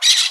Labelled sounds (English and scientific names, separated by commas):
Brown-throated Parakeet (Eupsittula pertinax) contact call